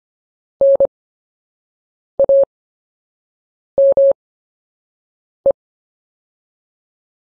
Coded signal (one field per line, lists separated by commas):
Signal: Morse code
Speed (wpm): 25 wpm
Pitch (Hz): 550 Hz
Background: none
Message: NAME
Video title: CW Anchor Words Module 1 Slow Speed Workout